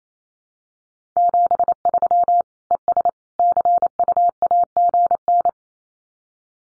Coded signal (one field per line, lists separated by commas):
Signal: Morse code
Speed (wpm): 28 wpm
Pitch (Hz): 700 Hz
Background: none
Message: 73 ES CUAGN